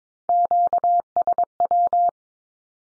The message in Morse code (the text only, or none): QSW